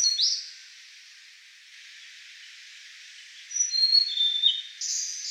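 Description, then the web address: Blue-and-white flycatcher song: a single brief note, a long pause, then a rapid whistled phrase of descending notes and another short note at the end, against steady background hiss. Recorded on 14 April 2015. "birdenaga ooruri"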